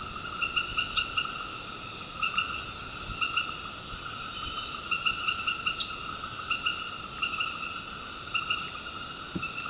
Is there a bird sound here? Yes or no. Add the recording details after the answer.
no. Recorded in dense forest near Puerto Asís, Putumayo, Colombia, on 9 March 2025 at 21:00. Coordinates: 0.486, -76.317. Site G053